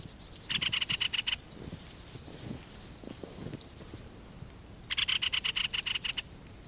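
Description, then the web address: Great spotted woodpecker giving two rapid rattling bursts of sharp, harsh ticks, each about a second long, with faint rustling and low background noise between. Clicking call. "linnut kapytikan raksutus"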